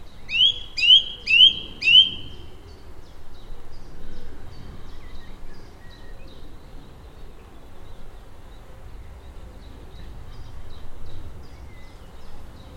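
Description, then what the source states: Song thrush repeating a sharp, rising note four times, followed by long quiet stretches with only faint twitters and low background noise. Complicated songs from a tree high above the River Thames in rural Oxfordshire, recorded on a hot, close summer's day.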